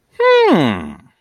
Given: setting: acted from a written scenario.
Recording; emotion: vocal sound without words; interest